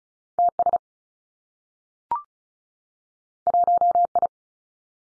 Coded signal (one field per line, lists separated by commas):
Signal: Morse code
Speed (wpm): 36 wpm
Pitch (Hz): 700 Hz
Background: none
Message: T S 1 I